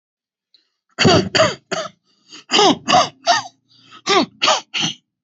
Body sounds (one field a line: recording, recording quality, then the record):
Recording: shallow voluntary cough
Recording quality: excellent, no background noise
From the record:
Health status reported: healthy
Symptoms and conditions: diabetes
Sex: male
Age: 50 years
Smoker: yes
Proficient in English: yes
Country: India